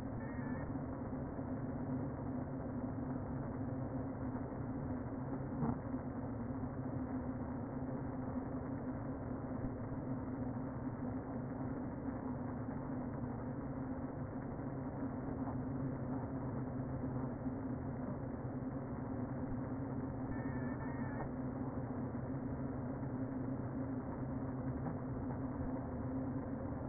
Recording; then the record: honeybee colony, microphone inside the hive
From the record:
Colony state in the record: queen present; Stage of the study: before two queens were removed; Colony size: about 60,000 bees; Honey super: yes